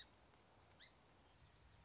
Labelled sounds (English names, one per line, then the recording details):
Song Sparrow
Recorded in Sonoma County, California